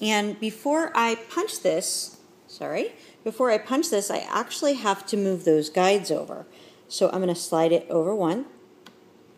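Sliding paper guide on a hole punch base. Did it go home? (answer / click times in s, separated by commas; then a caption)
yes / 8.9 s. Someone talks while sliding the adjustable paper guide on a ring-binder hole punch for A5, personal and pocket Filofaxes over by one position. At 8.9 s the guide snaps into its detent with a single sharp tick, seating in place.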